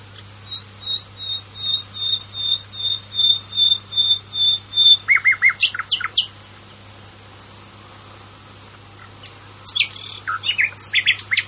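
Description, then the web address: Common nightingale song: a long series of piping high whistles, each slightly louder, then a short rapid run of lower notes. After a pause comes a jumble of sharp, high notes. "varie usignolo"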